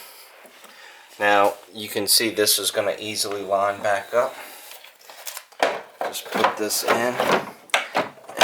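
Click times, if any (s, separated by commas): 7.7 s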